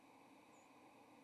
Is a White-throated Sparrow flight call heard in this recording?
yes